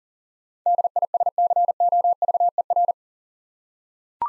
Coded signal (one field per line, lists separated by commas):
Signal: Morse code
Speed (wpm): 40 wpm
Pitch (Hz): 700 Hz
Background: none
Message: DISCOVER